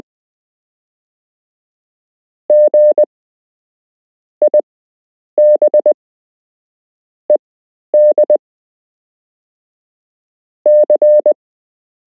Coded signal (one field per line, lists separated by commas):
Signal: Morse code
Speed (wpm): 20 wpm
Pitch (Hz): 600 Hz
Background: none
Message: G IB ED C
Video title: You can learn Morse code - Part 2